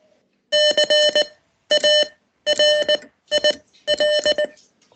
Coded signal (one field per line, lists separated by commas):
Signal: Morse code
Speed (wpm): 19 wpm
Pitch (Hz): 590 Hz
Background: none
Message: CARIL